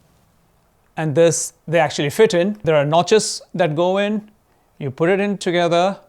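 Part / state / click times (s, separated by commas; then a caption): quick-release adapter into universal clamp mount base / not seated / none. Someone talks while lining up a plastic Telesin quick-release adapter on its notches to fit into a universal clamp mount base, used to mount a GoPro on a Yamaha R1. Only speech is heard, with no handling sounds standing out. Nothing has seated or clicked yet.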